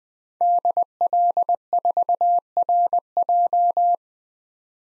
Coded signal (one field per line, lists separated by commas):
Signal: Morse code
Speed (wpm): 20 wpm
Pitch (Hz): 700 Hz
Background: none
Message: DL4RJ